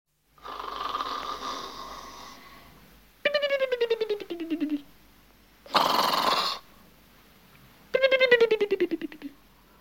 One man snoring.